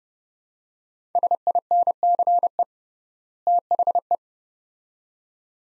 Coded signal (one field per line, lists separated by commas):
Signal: Morse code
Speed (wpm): 31 wpm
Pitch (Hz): 700 Hz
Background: none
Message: SINCE THE